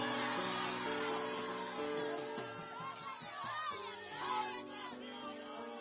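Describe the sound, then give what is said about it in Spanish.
An audience shouts and cheers together in worship, a dense, steady wash of many voices over sustained musical tones, loud and continuous for the whole stretch. “Alguien debería de gritar gloria.”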